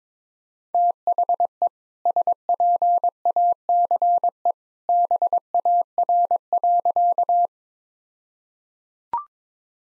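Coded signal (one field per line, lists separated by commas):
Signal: Morse code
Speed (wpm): 22 wpm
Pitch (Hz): 700 Hz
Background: none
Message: THE SPACE BAR.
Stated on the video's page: Morse practice set at 22 wpm with contextual priming, jokes as context.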